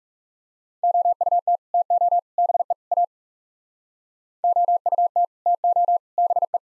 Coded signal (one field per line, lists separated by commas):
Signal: Morse code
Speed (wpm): 40 wpm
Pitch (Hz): 700 Hz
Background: none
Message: OUT TO BE A OUT TO BE